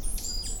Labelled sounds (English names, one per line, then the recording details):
Stitchbird song
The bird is a male
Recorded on Tiritiri Matangi Island, New Zealand, in 2005
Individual 17, of nest box 25